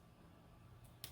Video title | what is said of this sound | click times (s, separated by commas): Vintage Americana Card Kit Assembly | into place I heard it click it actually collects into place | 1.0 s